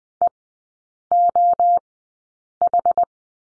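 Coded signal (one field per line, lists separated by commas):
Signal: Morse code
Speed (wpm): 20 wpm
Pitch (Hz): 700 Hz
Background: none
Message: EOH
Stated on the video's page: Morse course lesson on the letter H in three-character groups at Farnsworth speed 20/10 wpm.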